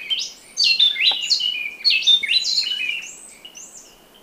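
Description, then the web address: Gray-breasted wood-wren song: a rich run of loud, clear whistled notes sliding up and down, rapidly phrased, then fading into softer high notes against a faint background hiss. Temperate zone, Ecuador. "Birds of Ecuador. Gray-breasted Wood-Wren"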